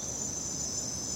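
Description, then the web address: Crickets keeping up a continuous shrill chirping trill. Crickets at night. "the sound pack tree. night crickets and birds"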